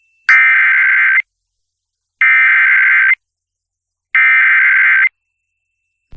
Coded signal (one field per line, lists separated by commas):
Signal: Emergency Alert System (SAME) tones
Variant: header bursts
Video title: EAS SEVERE THUNDERSTORM WARNING LAREDO, TX APRIL 5 2023 (EAS #64-69)